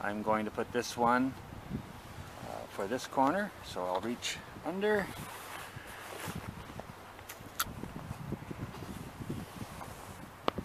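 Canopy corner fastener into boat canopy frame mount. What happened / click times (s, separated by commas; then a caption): A fastener is being fitted by hand and has not yet seated / none. A canopy corner fastener is handled at its mount on the frame of a new aluminum and canvas boat canopy, reached from under the corner. Someone talks over a faint outdoor background, then short sharp handling taps come at about 7.3, 7.6, 10.5 and 10.7 seconds. Nothing has seated or clicked yet.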